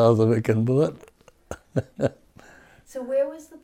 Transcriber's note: he laughs